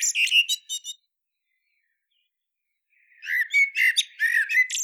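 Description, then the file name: Common blackbird uttering a short burst of scratchy, chattering notes, falling silent for about two seconds, then resuming with a longer harsh series. "Turdus merula"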